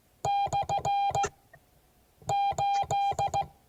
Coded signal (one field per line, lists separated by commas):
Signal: Morse code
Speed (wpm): 16 wpm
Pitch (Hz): 800 Hz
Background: none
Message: /8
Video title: Morse code class 2022 11 16